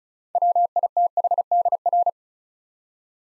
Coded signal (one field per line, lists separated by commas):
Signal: Morse code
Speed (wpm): 33 wpm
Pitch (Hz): 700 Hz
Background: none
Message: WITHDR